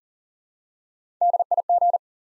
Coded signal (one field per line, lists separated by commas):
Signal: Morse code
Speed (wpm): 39 wpm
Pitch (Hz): 700 Hz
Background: none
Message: DIG